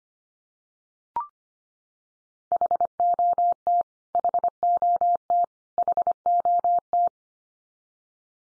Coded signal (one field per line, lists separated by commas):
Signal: Morse code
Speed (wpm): 25 wpm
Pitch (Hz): 700 Hz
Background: none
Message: HOT HOT HOT